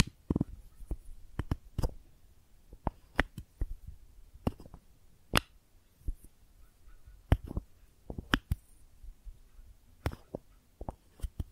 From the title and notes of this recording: ASMR Makeup Tapping & Scratching Sounds (No Talking).